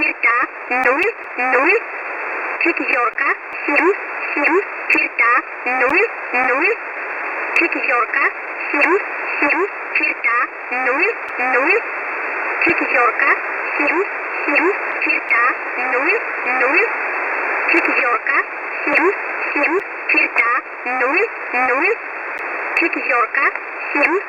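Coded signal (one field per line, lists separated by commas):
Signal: numbers station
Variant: S11a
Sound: short evenly spaced spoken words, one after another, through a narrow radio voice channel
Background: radio static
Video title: S11a number station - 07:00 UTC - 9339khz USB - 20/08/2026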